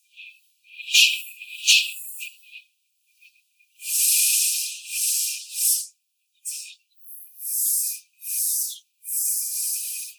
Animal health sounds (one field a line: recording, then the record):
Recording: young laying hens in a cage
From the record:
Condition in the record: before the stressor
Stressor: simulated dog barking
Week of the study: 4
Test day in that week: 2